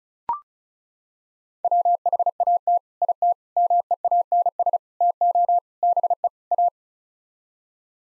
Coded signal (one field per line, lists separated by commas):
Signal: Morse code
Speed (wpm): 34 wpm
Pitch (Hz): 700 Hz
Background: none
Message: WHAT IT MEANS TO BE A